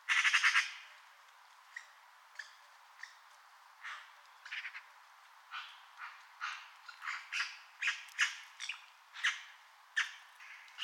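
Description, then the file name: Eurasian magpie opening with a loud harsh rattle, then many softer clipped chack notes in an uneven series, growing denser toward the end. "Pica pica"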